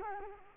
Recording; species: mosquito wingbeat signal from an infrared sensor; Culex quinquefasciatus